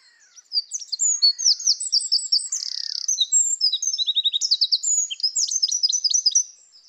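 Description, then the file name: Eurasian wren song: a loud, rapid, high-pitched cascade of sharp notes and fast rattling trills, running for about six seconds. "Troglodytes troglodytes"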